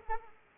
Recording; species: mosquito wingbeat signal from an infrared sensor; Aedes aegypti